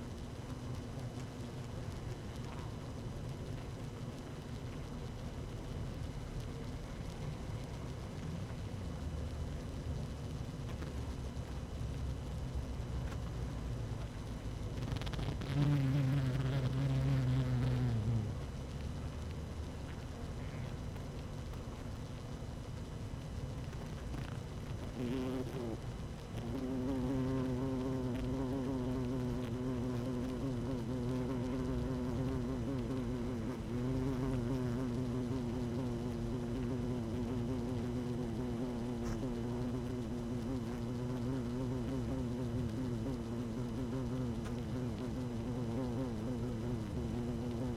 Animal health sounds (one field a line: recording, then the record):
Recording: honeybee colony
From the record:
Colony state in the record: active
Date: 12 June 2018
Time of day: 17:42